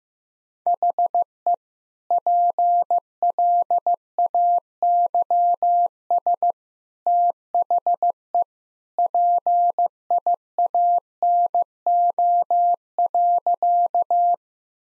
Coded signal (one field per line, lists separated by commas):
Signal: Morse code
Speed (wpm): 15 wpm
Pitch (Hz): 700 Hz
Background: none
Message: HE PLAYS THE PIANO.